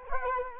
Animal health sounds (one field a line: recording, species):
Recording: mosquito wingbeat signal from an infrared sensor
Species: Culex quinquefasciatus